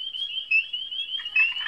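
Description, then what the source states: Spring peepers calling together, a dense chorus of shrill high peeps, with rougher, lower calls joining near the end. Males calling from woodland ponds on chilly mid-April evenings in Wisconsin, each about once a second; tiny one-inch bodies give a surprisingly loud voice; chorus can be deafening.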